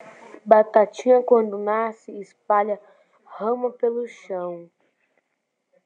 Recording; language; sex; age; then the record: short text; Brazilian Portuguese; female; 40 to 49 years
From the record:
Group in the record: control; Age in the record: 46 years